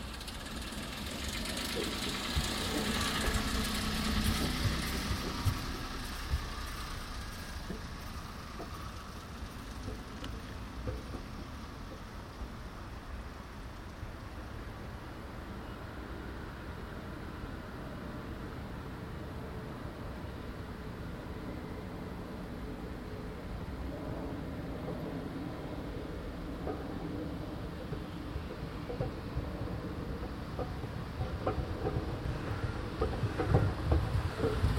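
A vehicle drives over a surface that makes a distinctive sound: a dense, fast, rattling rumble that stays low and heavy for the full stretch. It swells in the first few seconds, eases through the middle, then grows louder again near the end, with a few sharp knocks in the last seconds.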